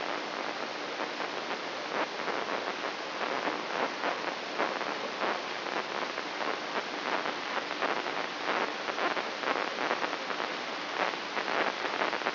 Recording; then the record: brain microelectrode recording played as sound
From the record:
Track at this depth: outside the subthalamic nucleus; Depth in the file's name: 7.46 mm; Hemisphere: left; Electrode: 3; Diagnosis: Parkinson's disease